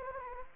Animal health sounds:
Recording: mosquito wingbeat signal from an infrared sensor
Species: Anopheles gambiae

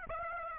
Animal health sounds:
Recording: mosquito wingbeat signal from an infrared sensor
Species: Aedes aegypti

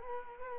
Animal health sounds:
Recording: mosquito wingbeat signal from an infrared sensor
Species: Culex quinquefasciatus

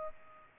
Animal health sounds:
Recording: mosquito wingbeat signal from an infrared sensor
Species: Culex pipiens

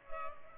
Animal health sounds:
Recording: mosquito wingbeat signal from an infrared sensor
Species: Culex pipiens

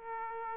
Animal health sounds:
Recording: mosquito wingbeat signal from an infrared sensor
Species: Aedes aegypti

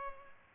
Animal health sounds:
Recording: mosquito wingbeat signal from an infrared sensor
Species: Culex pipiens

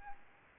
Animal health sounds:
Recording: mosquito wingbeat signal from an infrared sensor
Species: Aedes albopictus

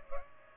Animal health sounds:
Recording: mosquito wingbeat signal from an infrared sensor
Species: Culex pipiens

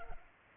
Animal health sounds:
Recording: mosquito wingbeat signal from an infrared sensor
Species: Culex pipiens

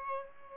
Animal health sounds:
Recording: mosquito wingbeat signal from an infrared sensor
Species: Aedes albopictus

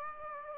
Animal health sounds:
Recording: mosquito wingbeat signal from an infrared sensor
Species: Aedes aegypti

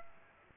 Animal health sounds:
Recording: mosquito wingbeat signal from an infrared sensor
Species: Aedes aegypti

